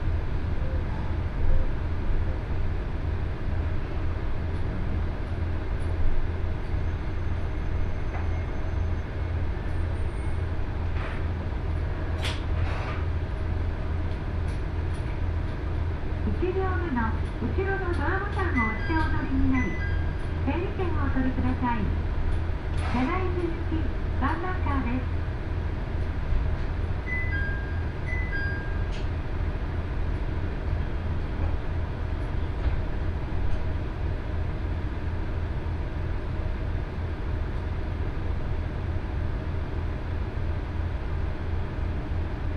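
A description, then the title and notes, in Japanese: Steady low rumble inside a two-car diesel train running along, with a brief stretch of voices or announcement midway and faint clicks. 鉄道旅 気仙沼線 前谷地→柳津。キハ110系の２両編成が快走していきます。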